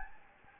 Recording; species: mosquito wingbeat signal from an infrared sensor; Anopheles gambiae